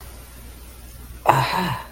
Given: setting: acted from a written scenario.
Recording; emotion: vocal sound without words; realization